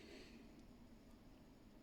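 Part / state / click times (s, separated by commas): crimped wire terminal into stator connector housing / not seated / none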